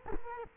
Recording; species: mosquito wingbeat signal from an infrared sensor; Culex quinquefasciatus